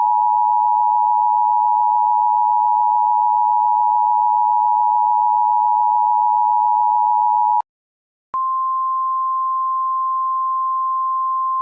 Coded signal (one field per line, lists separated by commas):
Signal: Emergency Alert System (SAME) tones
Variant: 853 and 960 Hz attention tone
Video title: EAS Classic: DARO Retard Capsules (Original Version)